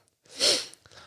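A woman belches: a short, high, hissy burp that sounds odd and off rather than deep and solid, like a dinosaur from Jurassic Park, heard after she has a drink for a tickly throat.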